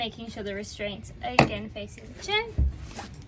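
A wheelchair restraint anchor is handled and flipped to face the chair beside the floor track of a patient transport van while someone talks. Short knocks are heard around 1.4 s and 2.6 s. The anchor has not yet locked into the floor track, and nothing has clicked.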